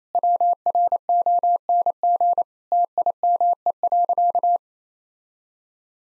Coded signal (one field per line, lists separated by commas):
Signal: Morse code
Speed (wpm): 28 wpm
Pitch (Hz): 700 Hz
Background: none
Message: WRONG TIME.